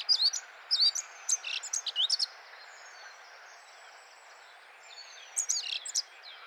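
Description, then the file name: Eurasian blackcap song, a quick run of varied high chirping notes for about two seconds, a pause, then another short burst near the end. "Sylvia atricapilla"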